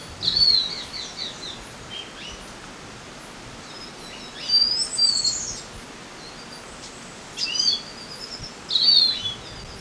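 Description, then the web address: Lesser goldfinch calls: thin, high, slurred whistled notes given singly at irregular intervals, some falling in pitch, over a steady background hiss. Recorded in Ecuador. "Natures Songs S America Birds of Ecuador. Lesser Goldfinch"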